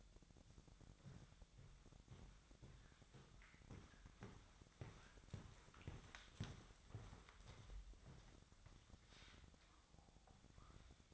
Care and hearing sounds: daily activity, microphone in the room; walk to room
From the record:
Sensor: 3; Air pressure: 999.4 hPa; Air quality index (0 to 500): 195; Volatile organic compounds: 42 ppm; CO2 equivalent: 3185 ppm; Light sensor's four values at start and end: 8/19/8/7 and 8/19/7/7

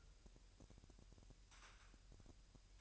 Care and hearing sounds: daily activity, microphone in the room; take from stove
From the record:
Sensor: 2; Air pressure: 1001.8 hPa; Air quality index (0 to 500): 245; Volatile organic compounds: 34 ppm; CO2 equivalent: 3039 ppm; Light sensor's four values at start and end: 5/11/4/5 and 5/11/4/5

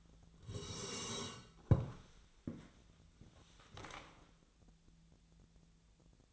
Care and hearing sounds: daily activity, microphone in the room; sit down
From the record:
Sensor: 3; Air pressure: 1000.4 hPa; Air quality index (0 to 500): 170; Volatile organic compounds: 3 ppm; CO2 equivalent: 1479 ppm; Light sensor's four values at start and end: 14/33/14/15 and 15/33/14/15

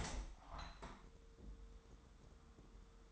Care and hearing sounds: daily activity, microphone in the room; open window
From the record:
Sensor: 3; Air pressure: 999.9 hPa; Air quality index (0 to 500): 227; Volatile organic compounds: 99 ppm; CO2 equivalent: 3751 ppm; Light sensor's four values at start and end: 9/22/9/9 and 10/23/9/9

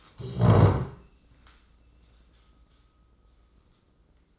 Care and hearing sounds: daily activity, microphone in the room; stand up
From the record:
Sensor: 3

